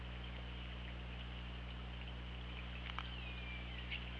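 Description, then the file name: Orca call: a single thin, gliding tone slowly falling in pitch, preceded by a short burst of clicks, under steady underwater hum. Recorded on the OrcaLab hydrophone on 24 August 2017 at about 21:00. "Orca Lab UTLN JASON 20170824 210009"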